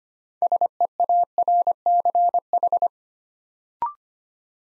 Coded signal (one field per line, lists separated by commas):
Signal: Morse code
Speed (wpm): 25 wpm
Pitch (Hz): 700 Hz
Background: none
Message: SEARCH